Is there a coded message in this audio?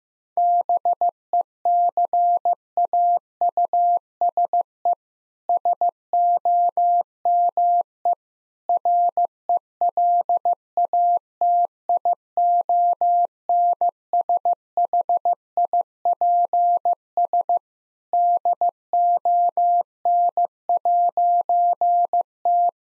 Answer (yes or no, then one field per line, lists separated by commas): yes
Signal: Morse code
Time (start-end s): 0.4-22.7 s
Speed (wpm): 15 wpm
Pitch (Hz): 700 Hz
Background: none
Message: BECAUSE SOME RELATIONSHIPS DON'T